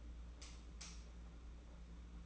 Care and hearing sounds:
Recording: daily activity, microphone in the room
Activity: light off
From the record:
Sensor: 1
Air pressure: 991.9 hPa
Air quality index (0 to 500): 212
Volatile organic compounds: 1000 ppm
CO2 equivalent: 8241 ppm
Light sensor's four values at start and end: 20/63/26/25 and 10/22/9/10

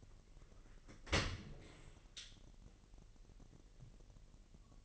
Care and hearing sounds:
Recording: daily activity, microphone in the room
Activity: open dishwasher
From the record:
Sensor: 4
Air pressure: 1001.4 hPa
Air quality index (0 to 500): 249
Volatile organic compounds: 44 ppm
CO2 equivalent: 3214 ppm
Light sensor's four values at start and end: 8/17/6/6 and 7/16/6/6

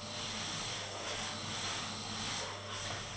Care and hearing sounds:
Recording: daily activity, microphone in the room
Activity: vacuum cleaning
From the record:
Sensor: 4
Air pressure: 1000.9 hPa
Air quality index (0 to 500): 138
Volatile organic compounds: 2 ppm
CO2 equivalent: 1024 ppm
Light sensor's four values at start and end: 29/69/29/31 and 29/69/29/30

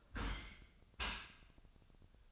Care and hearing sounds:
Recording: daily activity, microphone in the room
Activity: close dishwasher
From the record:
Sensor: 2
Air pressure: 1004.6 hPa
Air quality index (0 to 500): 106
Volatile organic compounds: 2 ppm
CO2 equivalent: 1286 ppm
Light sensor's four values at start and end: 6/15/6/6 and 6/15/6/6

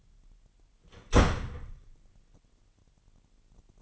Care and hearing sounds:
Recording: daily activity, microphone in the room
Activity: close door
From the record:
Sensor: 4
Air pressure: 999.2 hPa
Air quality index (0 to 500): 115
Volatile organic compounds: 2 ppm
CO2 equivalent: 1133 ppm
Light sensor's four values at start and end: 13/32/13/14 and 13/30/12/13

